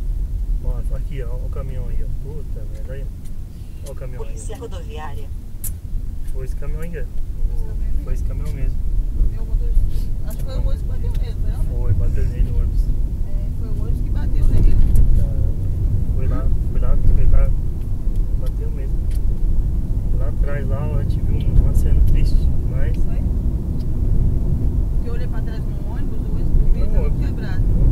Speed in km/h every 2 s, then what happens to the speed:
24, 24, 24, 25, 30, 34, 37, 42, 46, 49, 52, 55, 58, 60.
0-6 steady at about 24. 6-28 speeds up to 60.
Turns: none.